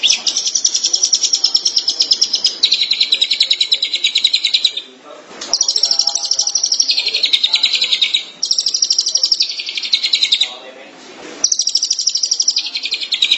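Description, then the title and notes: Shrike delivering long bursts of fast, high, buzzy trilling, separated by short pauses. "Pentet 201703. Suara burung pentet"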